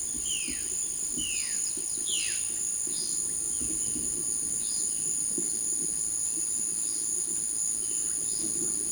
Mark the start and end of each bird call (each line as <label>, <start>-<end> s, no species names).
bird call, 0.00-2.50 s
bird call, 2.94-3.55 s
bird call, 4.65-5.20 s